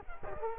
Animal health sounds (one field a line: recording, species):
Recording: mosquito wingbeat signal from an infrared sensor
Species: Culex quinquefasciatus